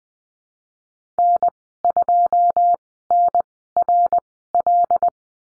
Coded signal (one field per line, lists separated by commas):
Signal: Morse code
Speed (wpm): 20 wpm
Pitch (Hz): 700 Hz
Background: none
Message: N2NRL